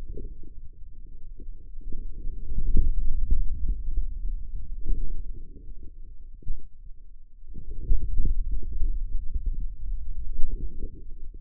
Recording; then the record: forearm muscle sounds (acoustic myography)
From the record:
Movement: hand closing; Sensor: system 2, bracelet of six BSWA MPA416 microphones around the upper forearm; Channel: 6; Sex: male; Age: 22 years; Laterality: right